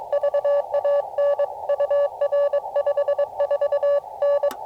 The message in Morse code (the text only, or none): VAN UR 54N